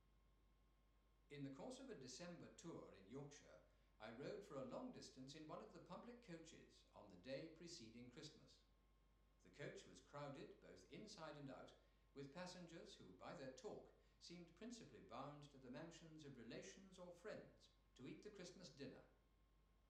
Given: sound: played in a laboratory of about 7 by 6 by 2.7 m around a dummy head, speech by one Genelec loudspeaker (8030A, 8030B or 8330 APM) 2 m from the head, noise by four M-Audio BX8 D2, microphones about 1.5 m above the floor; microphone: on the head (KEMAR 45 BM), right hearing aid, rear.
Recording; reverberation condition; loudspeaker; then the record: male speech in English; medium; behind (180 degrees)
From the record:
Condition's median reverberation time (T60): about 510 ms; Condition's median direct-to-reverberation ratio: about -0.5 dB